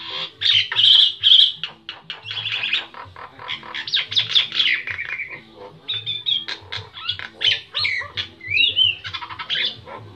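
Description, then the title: Nias hill myna with a varied, chattering song: squeaky chirps, buzzy notes and a few sliding whistles in quick, uneven succession. Loud, persistently singing bird whose song is used as masteran, a model for training other songbirds. "Burung Jalak Nias Gacor Suara Super Gledek Untuk Masteran"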